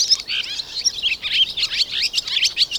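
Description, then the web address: Swallows twittering in quick high chirps and warbled notes, in a busy, continuous chatter. Swallows perched on wires. "BIRD NOTE. Swallows on Wires"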